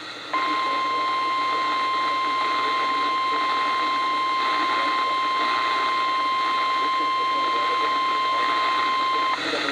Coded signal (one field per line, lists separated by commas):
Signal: Emergency Alert System (SAME) tones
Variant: 1050 Hz attention tone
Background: speech